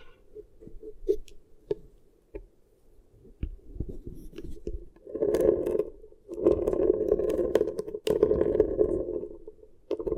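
Beeswax ear triggers: soft, scattered sticky taps and crackles fill the first five seconds. Then come louder, dense squishing rubs in low-mid tones, one short burst near five seconds and two longer stretches from about six to nine and a half seconds.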